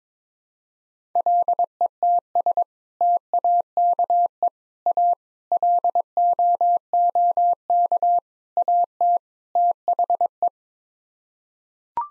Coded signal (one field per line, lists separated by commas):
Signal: Morse code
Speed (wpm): 22 wpm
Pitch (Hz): 700 Hz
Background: none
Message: LETS TAKE A LOOK AT THE